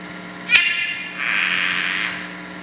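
Dendropsophus padreluna frog call: a single crisp click, then after a brief pause a drawn-out rasping pulsed note, with faint low humming throughout.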